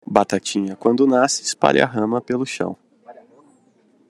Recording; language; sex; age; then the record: short text; Brazilian Portuguese; male; 30 to 39 years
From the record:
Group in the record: control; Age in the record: 30 years